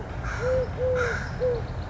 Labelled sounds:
Eurasian Collared Dove
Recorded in Sonoma County, California

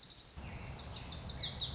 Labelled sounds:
Lazuli Bunting
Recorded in Sonoma County, California

